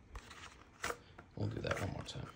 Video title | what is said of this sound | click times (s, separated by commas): My Experience Applying for a Concealed Carry Permit in Rhode Island | Listen for the click. | 0.8 s